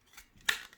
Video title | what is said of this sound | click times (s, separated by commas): SmartThings Cam (for Samsung) Unboxing and Review | camera will just attach back to the plate click | 0.5 s